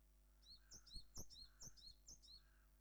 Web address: Parus minor song